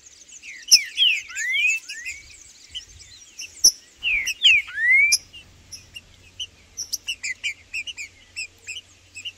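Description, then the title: Green-winged saltator gives two bursts of loud arched whistles, followed by softer rhythmic high chirps and clicks. In the bush, singing and making male challenge calls while competing with a free-living rival in a territorial dispute. "Trinca Ferro no MATO Cantando e Macheando muito com Solto! Blindado e Tufão no mato"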